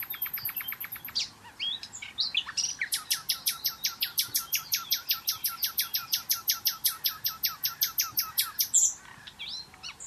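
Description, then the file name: Common nightingale delivering a fast run of sharp, repeated clicking notes for several seconds, with richer whistled flourishes near the start and end. "Luscinia megarhynchos"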